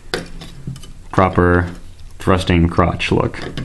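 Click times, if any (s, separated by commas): 0.1 s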